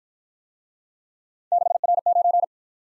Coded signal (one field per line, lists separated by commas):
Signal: Morse code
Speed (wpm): 53 wpm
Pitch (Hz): 700 Hz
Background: none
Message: 6R9